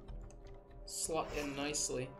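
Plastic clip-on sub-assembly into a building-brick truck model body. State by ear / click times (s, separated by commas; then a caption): not seated / none. A large assembled plastic sub-unit of a Mega Construx Tesla Cybertruck building-brick model is handled against the main body as it is lined up to be pushed on until its plastic clips snap in. Faint plastic ticks come at about 0.1 and 0.3 s, and then someone talks. Nothing has seated or clicked yet.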